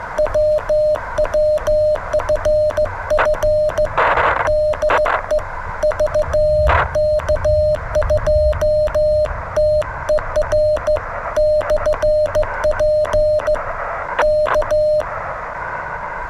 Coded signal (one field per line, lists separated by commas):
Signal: Morse code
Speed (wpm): 16 wpm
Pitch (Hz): 610 Hz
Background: radio noise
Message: WWFF DE VK2TER/P K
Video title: Hieroglyphs and CW using (tr)uSDX QRP radio - WWFF park activation (VKFF-0056) abandoned due to rain